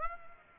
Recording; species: mosquito wingbeat signal from an infrared sensor; Aedes aegypti